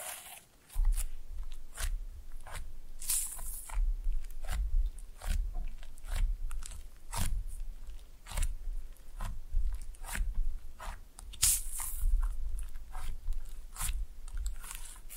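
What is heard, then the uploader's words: Slime being pressed and mixed in a steady stream of sticky clicks and squelches, with a low rumbling thud underneath throughout. Slime No Talking (Pressing and Mixing).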